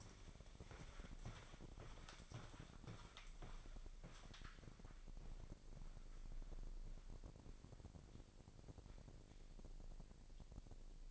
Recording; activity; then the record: daily activity, microphone in the room; walk to room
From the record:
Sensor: 5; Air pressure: 999.6 hPa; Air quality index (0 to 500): 216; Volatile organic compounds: 19 ppm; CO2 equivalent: 2649 ppm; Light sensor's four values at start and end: 30/60/27/29 and 35/81/32/31